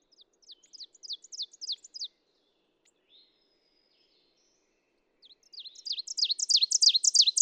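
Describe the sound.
Ovenbird song: a burst of quick repeated high phrases, then a pause, then another song that builds louder at the end.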